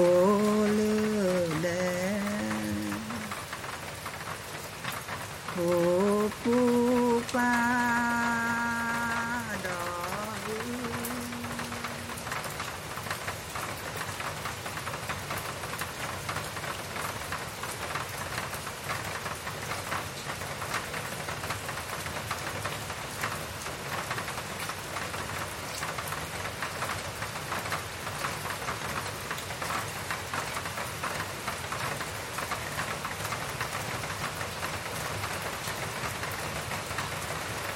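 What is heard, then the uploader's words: Rain patters steadily on the village hut roofs, a dense, even hiss of drops that runs the whole time. During the first twelve seconds, wavering, voice-like calls rise and fall above it, then fade, leaving only the rain. The B-side shares open fields and the sounds of rain on the village hut roofs. Harvest season of the Pgak’yau (Karen) community.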